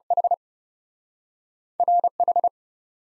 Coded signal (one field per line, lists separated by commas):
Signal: Morse code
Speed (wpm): 41 wpm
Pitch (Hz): 700 Hz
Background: none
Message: H R H